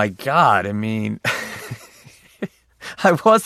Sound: laughter

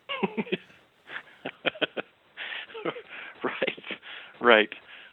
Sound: laughter

